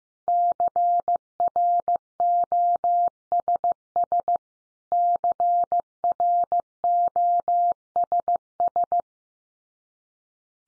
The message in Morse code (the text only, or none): CROSS CROSS